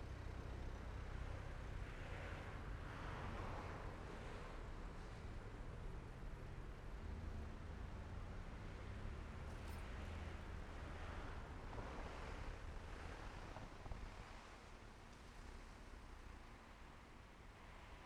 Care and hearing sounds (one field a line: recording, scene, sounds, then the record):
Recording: everyday scene through a hearing-aid microphone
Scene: in traffic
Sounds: traffic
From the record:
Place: main road on the outskirts, rush hour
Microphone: behind the ear, left, rear